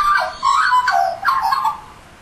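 Australian magpie carolling in three rich, fluting warbled phrases that slide up and down, with short pauses between them.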